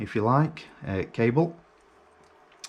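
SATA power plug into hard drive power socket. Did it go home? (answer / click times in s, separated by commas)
yes / 2.6 s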